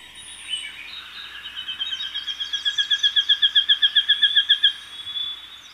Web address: Natures Songs S America Birds of Ecuador Narino Tapaculo